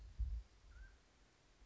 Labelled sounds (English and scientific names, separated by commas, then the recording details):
Mountain Quail (Oreortyx pictus)
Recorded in Sonoma County, California